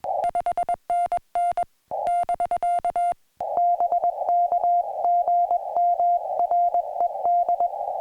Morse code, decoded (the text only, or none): 5NN <BK> BK GM RED